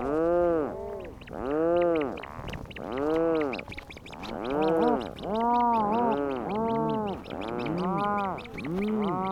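Rhinoceros auklet calls: loud, drawn-out moaning groans in swelling arches, several birds overlapping steadily throughout.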